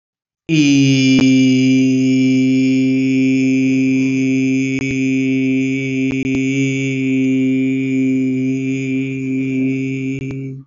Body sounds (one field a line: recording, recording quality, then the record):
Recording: sustained vowel as in beet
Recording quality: excellent, no background noise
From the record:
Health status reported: healthy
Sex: male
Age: 18 years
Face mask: not worn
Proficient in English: yes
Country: India